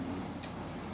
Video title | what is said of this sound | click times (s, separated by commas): Tony Bose teaches at Blade University | Got a very positive click. | 0.4 s